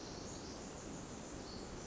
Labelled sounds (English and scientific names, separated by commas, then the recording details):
Pacific Wren (Troglodytes pacificus)
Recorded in Sonoma County, California